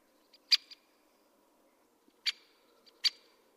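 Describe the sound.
Great spotted woodpecker giving three sharp, loud 'kik' calls, abrupt and clicky, spaced irregularly over a few seconds.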